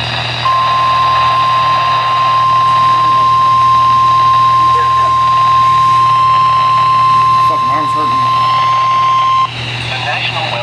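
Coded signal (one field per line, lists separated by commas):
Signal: Emergency Alert System (SAME) tones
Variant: 1050 Hz attention tone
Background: speech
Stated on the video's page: Alerts received from NOAA weather radio station WXK97.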